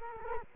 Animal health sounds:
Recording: mosquito wingbeat signal from an infrared sensor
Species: Culex quinquefasciatus

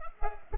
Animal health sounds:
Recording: mosquito wingbeat signal from an infrared sensor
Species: Culex pipiens

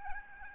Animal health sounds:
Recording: mosquito wingbeat signal from an infrared sensor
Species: Aedes albopictus

